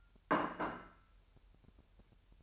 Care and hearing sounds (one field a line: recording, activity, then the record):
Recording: daily activity, microphone in the room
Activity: place plate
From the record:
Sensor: 2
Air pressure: 1001.9 hPa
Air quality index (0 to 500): 247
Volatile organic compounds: 39 ppm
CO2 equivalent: 3127 ppm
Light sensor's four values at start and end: 8/28/10/10 and 8/28/11/10